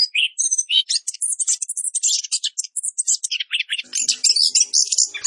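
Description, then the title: Orange-headed thrush singing a dense, fast run of high chattering and whistled notes with scarcely a pause, ending in harsher rolled phrases. Actively singing bird with 'Roll Speed' song material, used for training cage birds. "Anis Kembang Gacor. Masteran Anis Kembang materi Roll Speed"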